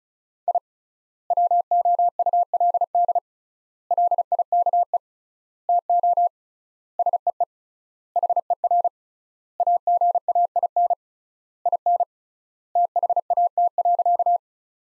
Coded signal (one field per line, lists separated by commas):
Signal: Morse code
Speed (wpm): 36 wpm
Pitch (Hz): 700 Hz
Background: none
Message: I WOULD LIKE TO SEE HER AGAIN IN THAT.